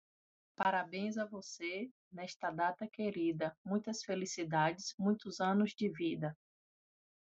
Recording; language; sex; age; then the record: short text; Brazilian Portuguese; female; 40 to 49 years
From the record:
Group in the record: control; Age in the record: 47 years